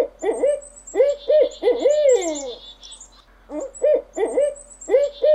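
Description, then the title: Owl giving hollow, arched hoots in two groups, the first group ending with a long descending slur. "Manuk Huwek. Burung hantu"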